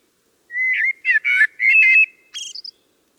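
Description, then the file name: Common blackbird song phrase: a steady whistled note leading into a quick, gurgling warble, finished with a couple of thin high squeaks. "Turdus merula"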